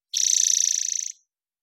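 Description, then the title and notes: Spotted towhee song, a rapid, rattling buzzy trill about a second long, then silence. Recorded in the Pacific Northwest, Washington, United States; parabolic recording, clean-processed for clarity with natural pace and rhythm kept. "Spotted Towhee Song. Spotted Towhee, Pipilo maculatus. Recorded in the beautiful Pacific Northwest, Washington, United States"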